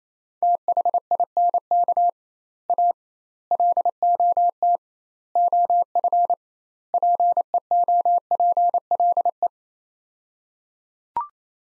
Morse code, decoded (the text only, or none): THINK A LOT OF PEOPLE